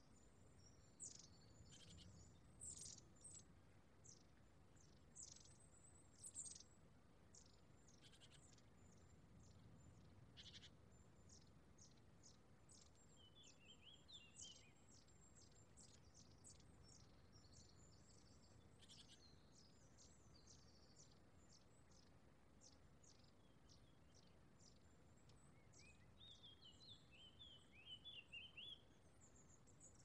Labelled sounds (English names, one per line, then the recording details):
Long-tailed Tit call
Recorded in the wild
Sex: group
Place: Tiuccia, Corsica, FR
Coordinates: 42.0714, 8.73222
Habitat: Macchia
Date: 2011-07-14
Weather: sunny, 20°C, weak wind
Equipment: Zoom H2, rear micophones
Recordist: Frommolt, Karl-Heinz